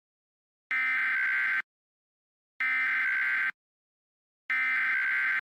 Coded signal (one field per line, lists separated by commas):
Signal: Emergency Alert System (SAME) tones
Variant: header bursts